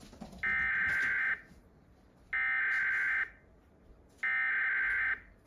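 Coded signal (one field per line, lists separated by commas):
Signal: Emergency Alert System (SAME) tones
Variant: header bursts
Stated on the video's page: Cancellation of a Law Enforcement Warning received off a Havre De Grace, MD FM station on a TFT EAS 911 monitoring receiver.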